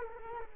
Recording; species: mosquito wingbeat signal from an infrared sensor; Culex quinquefasciatus